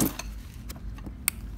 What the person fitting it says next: Khi nào nó kêu tạch một cái nó vào lẫy là ok rồi nhá.